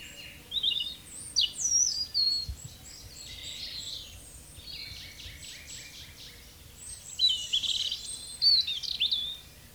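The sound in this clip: European robin sings several short, high, tinkling phrases with gaps between them, while a background chorus of other small birds chirps throughout.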